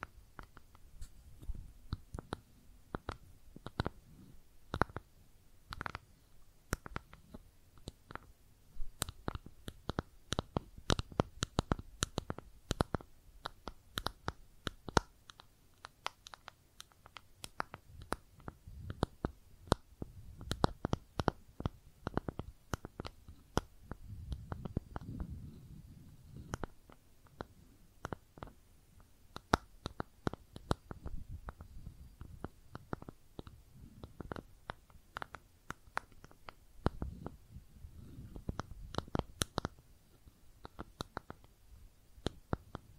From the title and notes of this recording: ASMR Makeup Tapping & Scratching Sounds (No Talking).